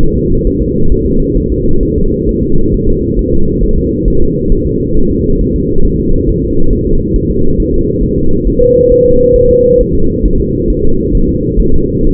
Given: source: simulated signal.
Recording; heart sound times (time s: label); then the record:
fetal heart sounds
0.03 s: S1
0.18 s: S2
0.47 s: S1
0.62 s: S2
0.92 s: S1
1.06 s: S2
1.37 s: S1
1.52 s: S2
1.83 s: S1
1.98 s: S2
2.29 s: S1
2.43 s: S2
2.74 s: S1
2.89 s: S2
3.19 s: S1
3.33 s: S2
3.63 s: S1
3.78 s: S2
4.08 s: S1
4.22 s: S2
4.52 s: S1
4.67 s: S2
4.97 s: S1
5.11 s: S2
5.41 s: S1
5.56 s: S2
5.85 s: S1
6.00 s: S2
6.29 s: S1
6.44 s: S2
6.73 s: S1
6.87 s: S2
7.16 s: S1
7.31 s: S2
7.60 s: S1
7.74 s: S2
8.03 s: S1
8.18 s: S2
8.47 s: S1
8.62 s: S2
8.92 s: S1
9.06 s: S2
9.36 s: S1
9.50 s: S2
9.81 s: S1
9.95 s: S2
10.25 s: S1
10.40 s: S2
10.70 s: S1
10.85 s: S2
11.15 s: S1
11.29 s: S2
11.60 s: S1
11.74 s: S2
12.04 s: S1
From the record:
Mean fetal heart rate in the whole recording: 135 bpm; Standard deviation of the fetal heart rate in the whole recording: 3 bpm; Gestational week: 36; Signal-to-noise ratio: -19.1 dB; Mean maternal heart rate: 72 bpm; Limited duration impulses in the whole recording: present